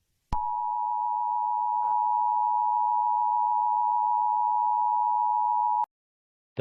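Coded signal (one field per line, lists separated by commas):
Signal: Emergency Alert System (SAME) tones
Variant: 853 and 960 Hz attention tone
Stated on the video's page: Fictional EAS scenario about a wildfire, a simulated alert.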